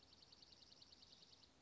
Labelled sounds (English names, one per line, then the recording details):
Dark-eyed Junco
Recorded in Sonoma County, California